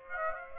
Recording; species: mosquito wingbeat signal from an infrared sensor; Aedes aegypti